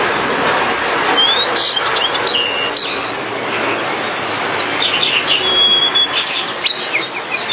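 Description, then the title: Java sparrow song of rapid high twittering chirps and brief whistled slides, repeated unevenly throughout over a loud, steady noisy background. "kicau gelatik"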